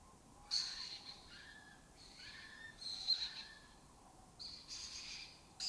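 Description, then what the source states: Lesser kestrel rasping calls, loud scratchy notes coming every second or so. Migratory raptor that forages in West Africa and breeds in southern Europe; a colony has taken over an abandoned building in Doñana.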